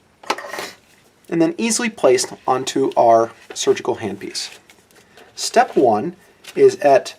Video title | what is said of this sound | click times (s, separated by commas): Technique Demonstration Zest SATURNO™ Mandibular Surgical Planning and Technique | with our 12 millimeter drill stop it allows it to snap into place | 0.3 s